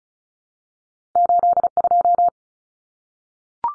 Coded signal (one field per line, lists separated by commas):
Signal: Morse code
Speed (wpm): 34 wpm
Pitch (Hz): 700 Hz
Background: none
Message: 82